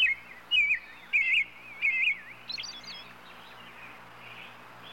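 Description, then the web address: Robin calls: four loud, slurred chirps at a steady pace, followed by quieter, shorter notes fading into light background noise. "bird robin robin calls animal"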